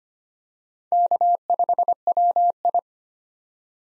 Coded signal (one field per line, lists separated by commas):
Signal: Morse code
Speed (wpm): 25 wpm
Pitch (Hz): 700 Hz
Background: none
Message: K5WI